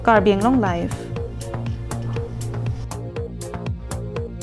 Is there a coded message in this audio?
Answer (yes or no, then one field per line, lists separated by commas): no